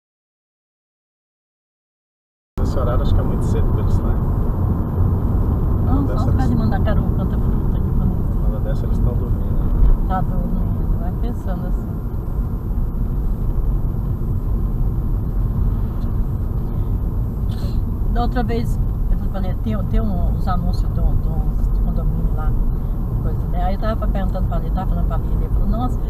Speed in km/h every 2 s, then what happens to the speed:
80, 74, 69, 57, 53, 50, 48, 46, 43, 42, 45, 49, 53.
0-17 slows to 42. 17-26 speeds up to 53.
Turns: none.